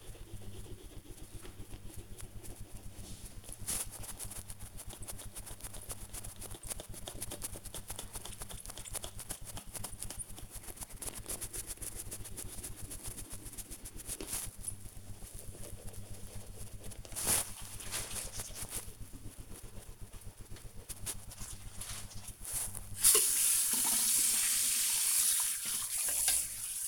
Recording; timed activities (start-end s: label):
household activities, microphone on the right wrist
0.00-26.88 s: brushing teeth